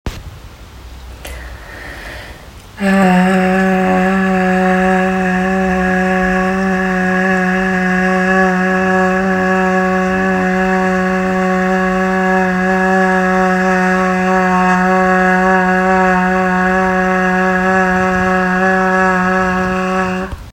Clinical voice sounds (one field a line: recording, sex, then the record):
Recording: sustained vowel /a/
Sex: female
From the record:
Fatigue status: no fatigue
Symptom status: symptomatic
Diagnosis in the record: COVID-19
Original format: m4a